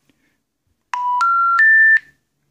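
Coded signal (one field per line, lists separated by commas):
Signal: telephone call progress tone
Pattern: special information tone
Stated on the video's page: Generated by the Phonal Tonal iPad app for blue box phone phreaking.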